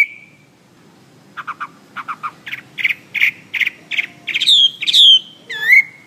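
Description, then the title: Bird song starting with soft ticking notes that grow louder, finishing in bright sweeping whistles. "SuaraBurung Kicau"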